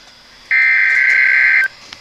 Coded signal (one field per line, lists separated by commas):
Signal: Emergency Alert System (SAME) tones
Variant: header bursts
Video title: TS TB01... EAS Alerts from 091221 (EAS #107-109)